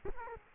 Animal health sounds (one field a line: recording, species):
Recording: mosquito wingbeat signal from an infrared sensor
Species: Culex quinquefasciatus